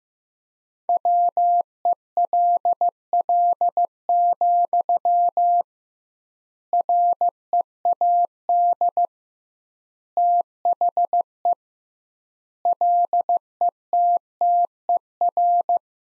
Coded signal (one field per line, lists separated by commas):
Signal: Morse code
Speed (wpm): 15 wpm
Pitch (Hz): 700 Hz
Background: none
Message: WELL, READ THE LETTER